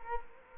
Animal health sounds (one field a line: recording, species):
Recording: mosquito wingbeat signal from an infrared sensor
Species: Culex quinquefasciatus